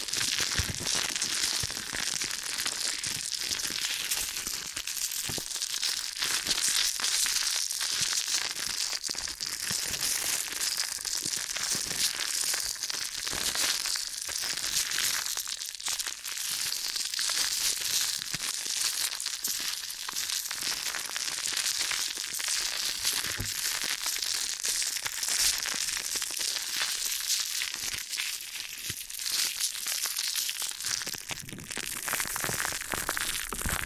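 Ear and scalp massage sounds: a dense, continuous crinkling and scratching that stays bright and hissy throughout, with little low-end weight. Rapid rubbing textures overlap without pause, loudness holding fairly even, with slight dips around 16 and 31 seconds.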